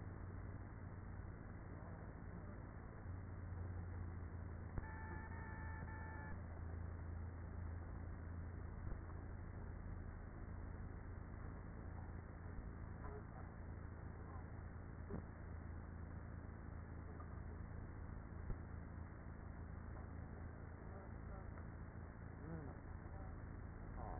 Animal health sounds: honeybee colony, microphone inside the hive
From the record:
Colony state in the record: queenless with a low population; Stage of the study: after two queens were removed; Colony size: about 30,000 bees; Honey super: no

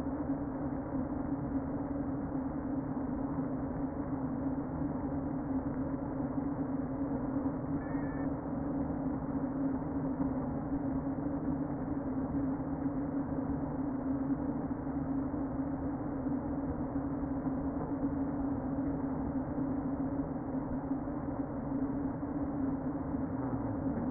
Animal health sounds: honeybee colony, microphone inside the hive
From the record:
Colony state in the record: queen present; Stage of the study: before two queens were removed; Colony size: about 60,000 bees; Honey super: yes

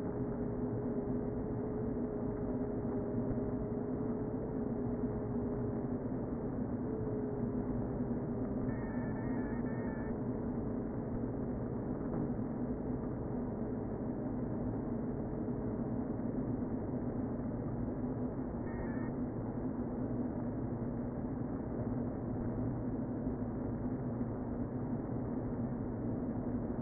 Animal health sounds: honeybee colony, microphone inside the hive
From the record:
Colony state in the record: queen present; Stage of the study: before two queens were removed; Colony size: about 60,000 bees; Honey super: yes

